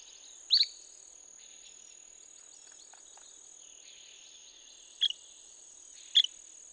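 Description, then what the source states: La Sagra's flycatcher making three brief, sharp call notes, the last two close together, against a constant high-pitched insect drone. Recorded on 17 May 2016.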